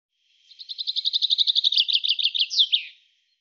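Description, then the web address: Bird voice: a steady string of high, quick chirps forming a trill, followed by a pair of sharply falling notes at the close, with silence around it. "cianscape birddata Deverinetal 2025 Bird Fr Co"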